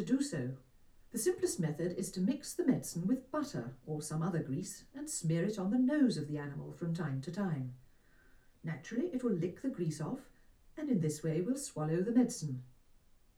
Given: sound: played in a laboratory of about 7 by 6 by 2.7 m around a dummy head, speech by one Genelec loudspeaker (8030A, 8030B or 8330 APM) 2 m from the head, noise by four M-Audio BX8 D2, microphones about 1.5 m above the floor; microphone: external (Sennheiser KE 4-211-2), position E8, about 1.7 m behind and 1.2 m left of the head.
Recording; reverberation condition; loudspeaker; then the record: female speech in English; low; 90 degrees to the right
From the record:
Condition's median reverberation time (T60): about 310 ms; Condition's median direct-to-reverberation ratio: about 3.5 dB